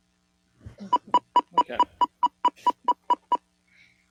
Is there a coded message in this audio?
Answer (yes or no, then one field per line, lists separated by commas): no